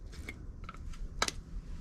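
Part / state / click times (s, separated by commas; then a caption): unidentified part (possibly a radiator or shroud piece) snapping into its mount on the car / not seated / none. A part on a 1971 Chevelle is handled, extended a little and pushed toward its mount on the car, making a series of light taps followed by a sharper pair of hits around 1.2 and 1.3 seconds. Nothing has seated or clicked into place yet.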